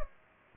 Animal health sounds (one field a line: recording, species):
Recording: mosquito wingbeat signal from an infrared sensor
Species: Culex pipiens